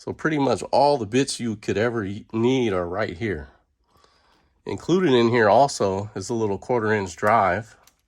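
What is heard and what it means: Someone talks while handling a 1/4-inch drive piece from a tool kit beside its plastic tool-kit holder, with faint handling noises in a pause around the middle. The piece has not yet been pressed home, and nothing has seated or clicked by the end of the clip.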